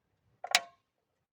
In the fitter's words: zaten oturunca çıt sesi gelecek bakın dinleyin